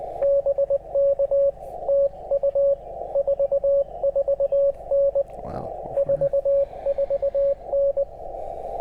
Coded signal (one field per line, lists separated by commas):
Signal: Morse code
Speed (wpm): 19 wpm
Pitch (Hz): 550 Hz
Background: radio noise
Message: BK TU 44N 44N